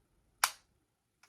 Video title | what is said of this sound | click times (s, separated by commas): Best Water Flosser? Honest Review & Unboxing of the Easyant Cordless Flosser! | It's snapped into place, so you're all set. | 0.4 s